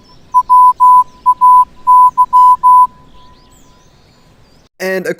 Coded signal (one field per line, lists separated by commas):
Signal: Morse code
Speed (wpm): 16 wpm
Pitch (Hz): 1000 Hz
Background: speech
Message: WAY